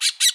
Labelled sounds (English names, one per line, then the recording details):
Brown-throated Parakeet contact call
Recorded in Bonaire
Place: just S of turnoff to Cai, near Lac Bay
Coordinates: 12.126, -68.239